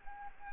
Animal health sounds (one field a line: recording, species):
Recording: mosquito wingbeat signal from an infrared sensor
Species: Anopheles gambiae